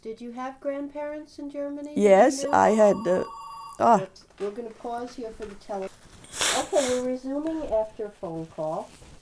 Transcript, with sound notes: Did you have grandparents in Germany?
Yes, I had (phone rings) oh.
oops, we're going to pause here for the telephone... OK we're resuming after phone call.